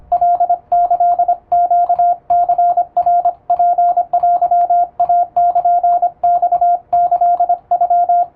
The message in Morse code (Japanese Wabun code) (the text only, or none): カキネニナツテイルマキノ